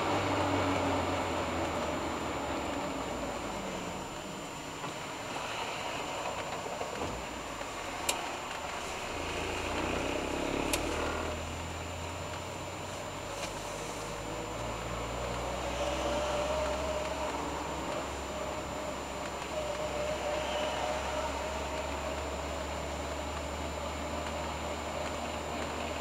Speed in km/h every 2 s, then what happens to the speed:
39, 23, 12, 9, 10, 14, 18, 24, 24, 24, 25, 25, 26.
0-6 brakes to 9. 6-15 speeds up to 24. 15-26 steady at about 25.